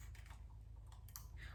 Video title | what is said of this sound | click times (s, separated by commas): Canon G7XII Unboxing + Review-New Camera | so it should click so I should click in and there is they're staying right lock | 1.2 s